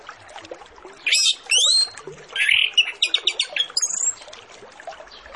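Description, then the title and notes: Orange-headed Thrush song: loud varied bursts of sharp whistles and buzzy rising and falling phrases over about three seconds, with steady hissing chatter behind. Lure recording of full song with fill-in phrases (isian), used to prompt Orange-headed Thrushes to start singing quickly (ngeplong). "Masteran Anis Kembang Full Isian Untuk Suara Pancingan Anis Kembang Agar Cepat Ngeplong. Suara Burung Anis Kembang"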